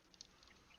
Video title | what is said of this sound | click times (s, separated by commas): FIGGAH BANGIN' - S3/EP24 - Transformers Masterpiece MP-53 Skids & MP-54 Reboost | There we go. Now it locks in. | 0.2 s